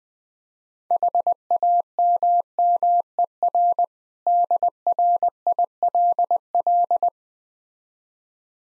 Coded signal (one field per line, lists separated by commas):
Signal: Morse code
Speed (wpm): 20 wpm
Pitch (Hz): 700 Hz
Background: none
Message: HAMMER DRILL